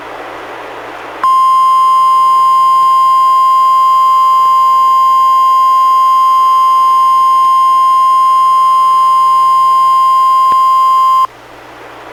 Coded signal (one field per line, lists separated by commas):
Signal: Emergency Alert System (SAME) tones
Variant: 1050 Hz attention tone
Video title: EAS #93: NWR Required Weekly Test- Dec. 23, 2015- 11:01AM PST